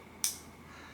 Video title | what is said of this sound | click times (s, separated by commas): January 2025: Going Gear Premium EDC Club Unboxing | and when we do I'll stop talking push that button and you'll hear the audible click as that button unsticks itself | 0.2 s